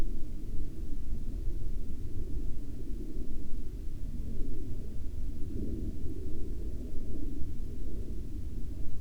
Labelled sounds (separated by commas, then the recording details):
aircraft
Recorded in the Prudhoe Bay oil fields, Alaska, on 12 May 2019 at 08:46
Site 11